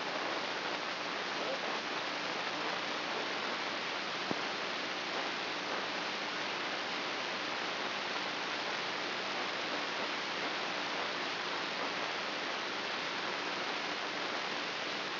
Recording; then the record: brain microelectrode recording played as sound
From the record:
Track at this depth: inside the subthalamic nucleus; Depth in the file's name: 2.921 mm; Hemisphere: right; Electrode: 3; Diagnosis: Parkinson's disease